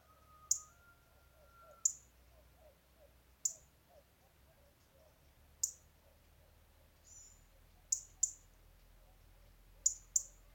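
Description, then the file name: European robin making short, sharp ticking notes at irregular intervals, a few in close pairs, with a soft thin whistle early on and low background rumble. "Erithacus rubecula"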